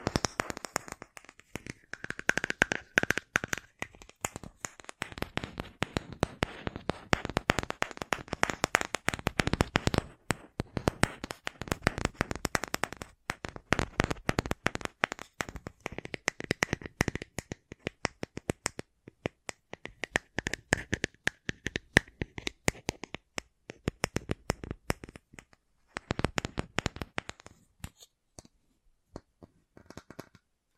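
ASMR tapping: rapid, dense fingertip taps in quick bursts, crisp and bright, running almost continuously for most of the half minute. The pace varies between flurries and slightly sparser stretches, thinning out with scattered taps near the end.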